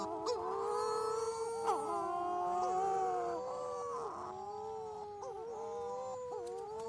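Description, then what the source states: Wedge-tailed shearwaters moaning: several overlapping wavering, crooning wails that rise and fall in pitch, calling continuously as a small chorus. Wedge-tailed shearwaters, Western Australia.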